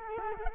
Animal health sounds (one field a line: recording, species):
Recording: mosquito wingbeat signal from an infrared sensor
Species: Culex quinquefasciatus